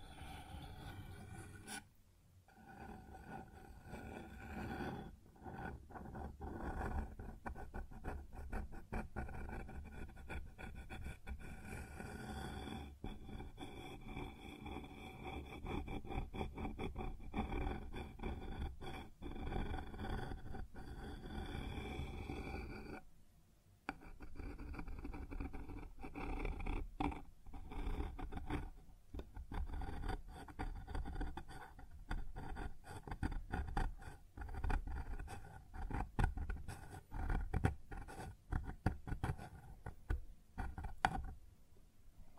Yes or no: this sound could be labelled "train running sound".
no